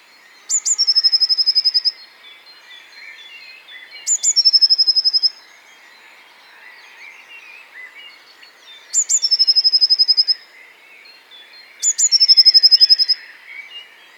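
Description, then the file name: Blue tit phrases come four times, each opening with thin, high notes and running into a rapid, level trill about a second long. "Cyanistes caeruleus"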